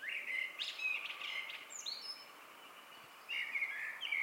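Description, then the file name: Blackbird's fluty warbling phrase ends in a high squeaky flourish, followed by a pause and a fresh mellow phrase. "Turdus merula"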